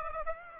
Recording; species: mosquito wingbeat signal from an infrared sensor; Aedes aegypti